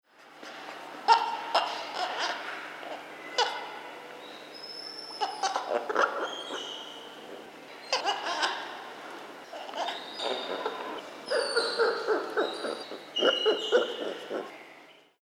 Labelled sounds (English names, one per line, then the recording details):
Black-handed Spider Monkey
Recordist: Tembrock, Günter
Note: Kurzlaute